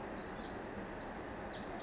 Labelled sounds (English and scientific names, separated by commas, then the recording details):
Pacific Wren (Troglodytes pacificus)
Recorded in Sonoma County, California